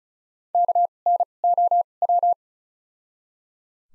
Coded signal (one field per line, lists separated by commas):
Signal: Morse code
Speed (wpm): 36 wpm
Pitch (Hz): 700 Hz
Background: none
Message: K N O W